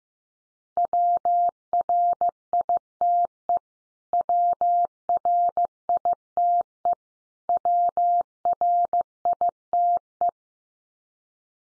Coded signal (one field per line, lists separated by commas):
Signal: Morse code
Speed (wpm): 15 wpm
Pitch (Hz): 700 Hz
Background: none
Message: WRITE WRITE WRITE